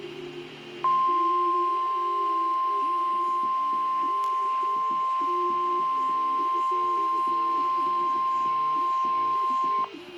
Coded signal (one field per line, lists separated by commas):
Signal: Emergency Alert System (SAME) tones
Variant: 1050 Hz attention tone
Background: speech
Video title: Required Weekly Test EAS#62 WNG676